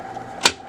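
A plastic toner cartridge is pushed into a new DR630 drum unit for a Brother MFC-L2700 laser printer. A single sharp click at 0.5 s stands out over a low steady hum while someone talks. The cartridge seats in the drum.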